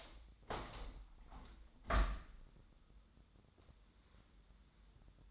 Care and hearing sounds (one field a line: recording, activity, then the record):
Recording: daily activity, microphone in the room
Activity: open window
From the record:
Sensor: 3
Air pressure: 1006.3 hPa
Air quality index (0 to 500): 186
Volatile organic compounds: 12 ppm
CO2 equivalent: 2358 ppm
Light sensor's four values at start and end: 9/22/9/9 and 10/24/10/10